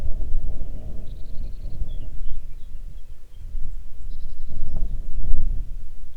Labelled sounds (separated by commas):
songbird, wind